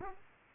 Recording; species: mosquito wingbeat signal from an infrared sensor; Aedes aegypti